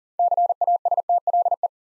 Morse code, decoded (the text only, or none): CASTLE